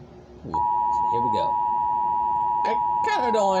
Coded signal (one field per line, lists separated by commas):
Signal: Emergency Alert System (SAME) tones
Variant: 853 and 960 Hz attention tone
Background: speech